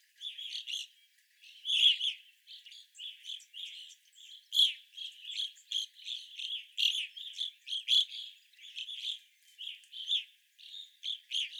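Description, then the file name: Evening grosbeak flock chattering steadily, a dense run of sharp chirps with few pauses. Several evening grosbeaks, recorded 25 April 2021. "2021-04-25 Evening Grosbeaks"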